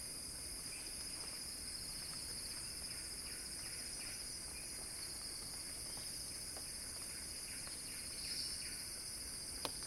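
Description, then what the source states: Cicada forming a continuous, piercing high drone with a faint pulsing texture, soft descending chirps scattered underneath and a brief click at the close. Cicadas singing in a crescendo.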